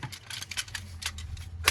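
A plastic hook on a plastic transforming robot toy is pulled back and pushed down during its transformation so it hooks the rest of the part in. Light plastic rattling and small ticks lead to a sharp, loud click at 1.7 s as the hook locks into the body and seats in place.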